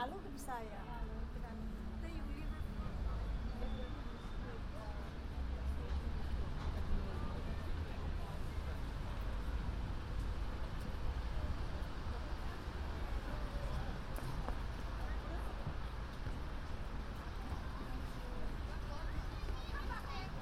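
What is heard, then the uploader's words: A walk through London on New Year's Eve: a dense, steady wash of crowd chatter and overlapping voices fills the whole stretch, over a low rumble of traffic. Level stays even throughout, with occasional brief clicks and knocks breaking through the babble. A walk around London, new years eve.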